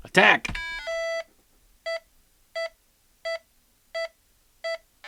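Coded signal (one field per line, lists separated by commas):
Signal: none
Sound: a computer game's beeps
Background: speech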